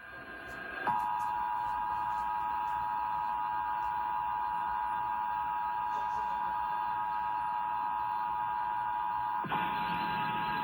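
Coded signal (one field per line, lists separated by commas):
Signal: Emergency Alert System (SAME) tones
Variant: 853 and 960 Hz attention tone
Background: music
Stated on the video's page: Real Required Monthly Test for all of Texas, as carried on Austin-area TV stations.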